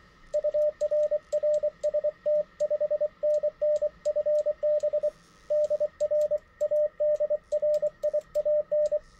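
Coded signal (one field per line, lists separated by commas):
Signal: Morse code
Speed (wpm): 24 wpm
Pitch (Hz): 600 Hz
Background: radio noise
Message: UR RST 5NN FB DR ADRIAN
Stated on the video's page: Morse sent on a modified key, a Vibroplex copy converted to a single paddle.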